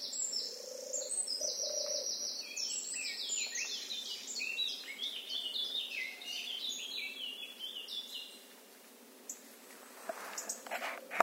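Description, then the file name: Eurasian blackcap warbling in quick, varied high phrases for about eight seconds, then a pause with a few faint clicks and a brief sharp sound at the end. "Sylvia atricapilla"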